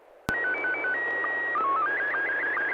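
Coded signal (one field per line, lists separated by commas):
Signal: SSTV (slow-scan television)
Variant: Scottie 1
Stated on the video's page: SSTV net on an FM repeater at 441.300 MHz, images sent with MMSSTV software.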